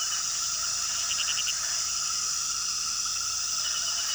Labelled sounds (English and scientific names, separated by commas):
none